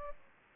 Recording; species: mosquito wingbeat signal from an infrared sensor; Aedes aegypti